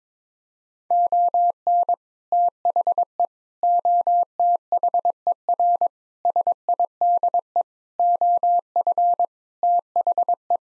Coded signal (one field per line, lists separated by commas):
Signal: Morse code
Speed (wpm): 21 wpm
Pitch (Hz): 700 Hz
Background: none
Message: ON THE OTHER SIDE OF THE